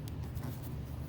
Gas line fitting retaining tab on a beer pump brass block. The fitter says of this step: So what you're going to do is just flip up, a little click there, that